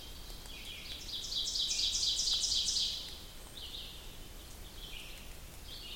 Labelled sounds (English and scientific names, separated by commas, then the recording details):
Ovenbird (Seiurus aurocapilla) song
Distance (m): 40 m
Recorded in boreal forest in Alberta, Canada, on 2 June 2016 at 06:46
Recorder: SongMeter 3, array SBT-3-7
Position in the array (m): 44 m, 157 m
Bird 4